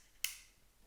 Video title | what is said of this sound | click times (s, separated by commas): My Nikon Z9 & Z7II now shoot Sony Pro Lenses with HIGH-SPEED Autofocus | you heard the click that's fine and now we can mount it on the camera body and for doing so | 0.2 s